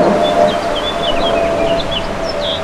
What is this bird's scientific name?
Haemorhous mexicanus